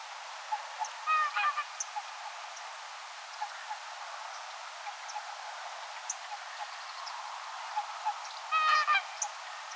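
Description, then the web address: Whooper swan calls, a brief bugling burst near the start and another near the end, with faint small bird notes scattered between over steady background hiss. Calm autumn day on a field where whooper swans feed, recorded 5 October 2024. "paivat 5 10 2024 rauhallista syksya laulujoutsenpellolla keltasirkut kayvat laulujoutsenten kanssa pellolla syomassa"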